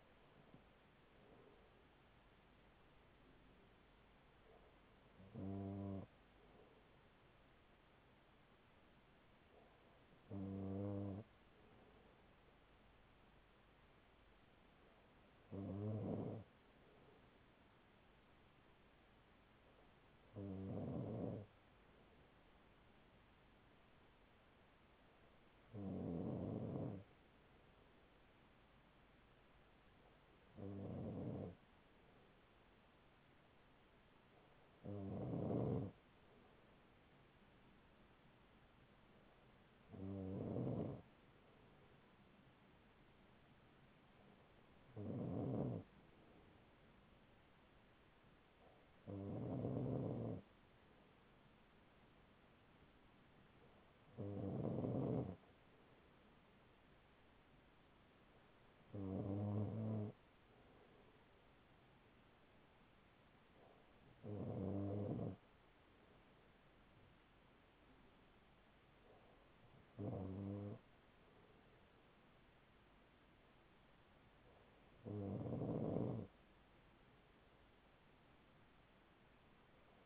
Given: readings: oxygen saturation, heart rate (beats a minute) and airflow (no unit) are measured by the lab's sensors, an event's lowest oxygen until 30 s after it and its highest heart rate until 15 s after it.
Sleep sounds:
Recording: breathing in sleep by a voice recorder at the bedside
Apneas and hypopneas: none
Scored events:
none scored
From the record:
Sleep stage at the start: N2 (light sleep)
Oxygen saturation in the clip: 95%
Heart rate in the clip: 39 to 43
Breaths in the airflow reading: 16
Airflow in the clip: -5.7 to 4.8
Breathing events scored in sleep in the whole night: 207 in 7.6 hours asleep

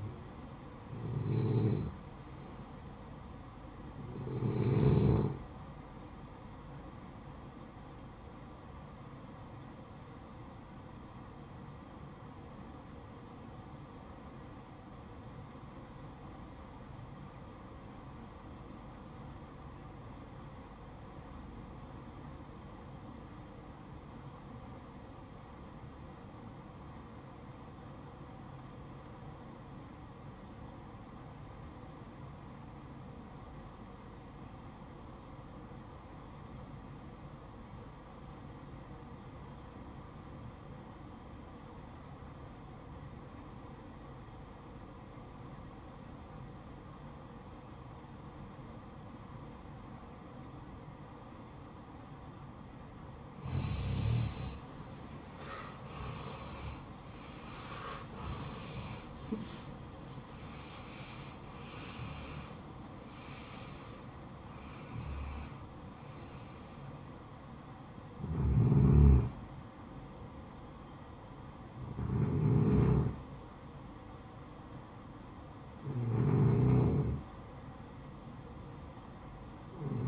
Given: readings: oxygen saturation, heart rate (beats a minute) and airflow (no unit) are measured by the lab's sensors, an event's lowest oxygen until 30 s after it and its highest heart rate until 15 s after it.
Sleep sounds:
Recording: breathing in sleep by a smartphone at the bedside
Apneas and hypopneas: 1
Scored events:
11.00-54.20 s: obstructive apnea (REM, oxygen 95% highest, then 80% lowest, heart rate 62 at the start, 86 highest)
11.00-80.08 s: new sleep stage, REM sleep
From the record:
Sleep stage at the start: N1 (lightest sleep)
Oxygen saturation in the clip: 81 to 95%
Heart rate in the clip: 50 to 86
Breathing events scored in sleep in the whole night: 573 in 9.8 hours asleep

